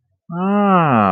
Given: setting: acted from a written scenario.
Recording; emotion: vocal sound without words; awe